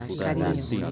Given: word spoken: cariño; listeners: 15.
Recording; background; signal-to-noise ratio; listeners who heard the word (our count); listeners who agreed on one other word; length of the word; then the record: one Spanish word in noise, from a listening test; four-talker babble; -0.3 dB; 1 of 15; 9 of 15; 0.51 s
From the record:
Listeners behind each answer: 9, 2, 1, 1, 1, 1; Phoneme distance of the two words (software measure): 10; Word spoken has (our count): 3 syllables, 6 phonemes, stress on syllable 2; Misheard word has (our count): 3 syllables, 6 phonemes, stress on syllable 2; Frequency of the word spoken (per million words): 26.06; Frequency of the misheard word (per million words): 0.01